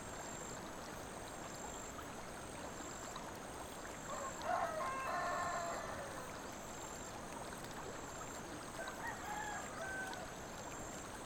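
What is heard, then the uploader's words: A babbling brook in the Kirkland countryside runs as a steady, dense rush of water from start to finish. It swells a little between about four and six seconds, when a few brief calls cut through, and another faint call comes near ten seconds. Ambience of Isylian: Rippling Brook. Relax in the countryside of Kirkland with a babbling brook and some farm animals in the distance.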